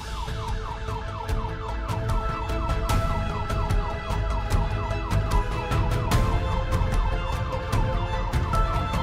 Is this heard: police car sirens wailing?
yes